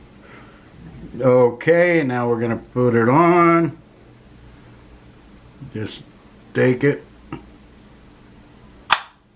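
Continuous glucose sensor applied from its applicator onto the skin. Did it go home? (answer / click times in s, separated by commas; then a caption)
yes / 8.9 s. Someone talks, then a Freestyle Libre 14 Day continuous glucose sensor is applied by pressing its plastic applicator against the skin. The applicator fires with a sharp, loud snap at 8.9 s, seating the sensor patch on the skin.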